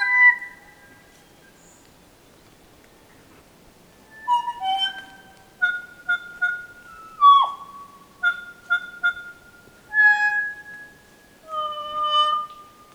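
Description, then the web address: Kokako song of varied mellow, organ-like notes: held tones, short pulsed repeats and a sharply falling note, after a quiet gap. "sound kōkako. صدای-پرنده-کوکاکو"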